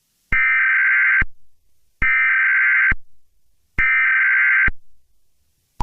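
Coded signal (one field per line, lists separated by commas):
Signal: Emergency Alert System (SAME) tones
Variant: header bursts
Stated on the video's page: Fictional Christmas EAS scenario, a created recreation rather than a real alert.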